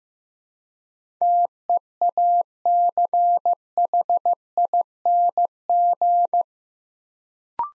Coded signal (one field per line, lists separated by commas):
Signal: Morse code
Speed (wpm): 15 wpm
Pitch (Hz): 700 Hz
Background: none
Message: TEACHING